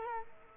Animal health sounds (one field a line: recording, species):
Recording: mosquito wingbeat signal from an infrared sensor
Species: Culex quinquefasciatus